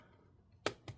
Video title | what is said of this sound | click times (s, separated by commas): Lenovo ThinkPad P1 Gen 5 Disassembly Thermal Paste LTT Linus Tech Tips PTM7950 Replacement Repair | Hear it click. I always twist it till you hear it click. | 0.7 s